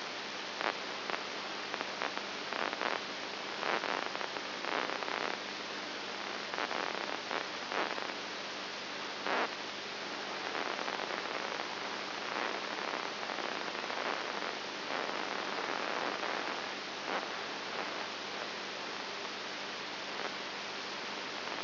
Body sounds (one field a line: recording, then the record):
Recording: brain microelectrode recording played as sound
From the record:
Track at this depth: inside the subthalamic nucleus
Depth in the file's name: 6.5 mm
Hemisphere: right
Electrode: 2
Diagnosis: Parkinson's disease